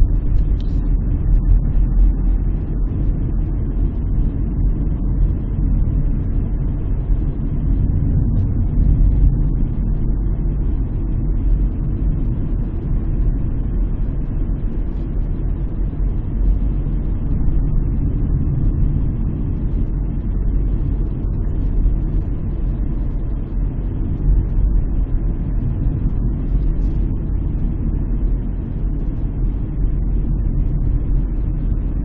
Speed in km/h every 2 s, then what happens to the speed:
32, 34, 34, 34, 36, 33, 35, 35, 36, 35, 35, 34, 35, 35, 32, 32.
0-32 steady at about 34.